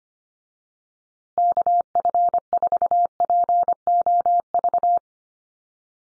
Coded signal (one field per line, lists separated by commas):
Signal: Morse code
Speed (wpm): 25 wpm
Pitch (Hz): 700 Hz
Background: none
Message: KF4POV